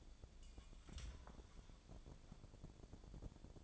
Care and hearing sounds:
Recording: daily activity, microphone in the room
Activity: take from stove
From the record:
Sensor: 5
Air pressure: 1000.1 hPa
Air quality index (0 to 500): 92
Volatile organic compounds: 1 ppm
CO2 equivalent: 752 ppm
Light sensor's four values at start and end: 311/729/317/355 and 310/728/317/354

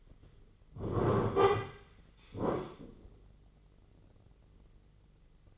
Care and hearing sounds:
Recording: daily activity, microphone in the room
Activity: sit down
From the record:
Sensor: 4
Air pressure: 996.7 hPa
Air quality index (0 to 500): 239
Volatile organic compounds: 329 ppm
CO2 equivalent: 4542 ppm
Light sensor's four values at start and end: 44/108/44/44 and 44/108/44/44

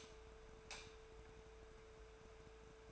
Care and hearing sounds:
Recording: daily activity, microphone in the room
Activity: light off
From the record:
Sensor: 2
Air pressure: 1014.6 hPa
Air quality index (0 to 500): 185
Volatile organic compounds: 14 ppm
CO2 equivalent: 2446 ppm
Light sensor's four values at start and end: 34/88/37/41 and 29/71/31/34

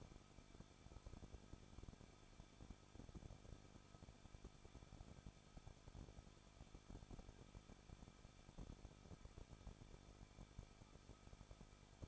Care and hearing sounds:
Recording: daily activity, microphone in the room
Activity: no activity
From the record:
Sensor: 5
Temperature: 20.9 degrees Celsius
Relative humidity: 38.2%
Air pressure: 1006.4 hPa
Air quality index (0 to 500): 187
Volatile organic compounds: 18 ppm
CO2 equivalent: 2621 ppm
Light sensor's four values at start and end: 2/3/1/1 and 2/3/1/1

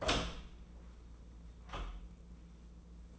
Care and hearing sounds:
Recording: daily activity, microphone in the room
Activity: open door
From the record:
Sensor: 1

